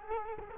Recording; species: mosquito wingbeat signal from an infrared sensor; Culex quinquefasciatus